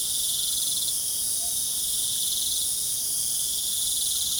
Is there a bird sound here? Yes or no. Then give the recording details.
no. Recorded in pastures near Puerto Asís, Putumayo, Colombia, on 27 June 2025 at 20:30. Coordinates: 0.497, -76.327. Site G040